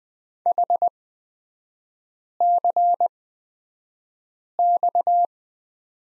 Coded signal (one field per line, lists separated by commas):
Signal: Morse code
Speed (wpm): 20 wpm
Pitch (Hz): 700 Hz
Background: none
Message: HCX